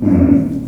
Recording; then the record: squeal of a Yucatan mini pig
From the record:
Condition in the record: after surgery on the right vocal fold (resection and tissue-engineered implant); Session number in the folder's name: 5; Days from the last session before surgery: 33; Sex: female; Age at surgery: 19 weeks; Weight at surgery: 25 kg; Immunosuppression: prednisolone